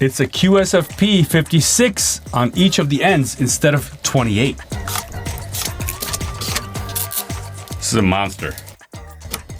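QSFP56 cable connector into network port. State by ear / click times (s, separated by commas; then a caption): seated / 9.3 s. A QSFP56 network cable connector is pushed into a port on the switch or compute unit and latches with a sharp click at 9.3 seconds. Before it, someone talks over background music, with a few soft handling taps in the middle. The click is even more satisfying than plugging in an Ethernet cable, and the connector is seated.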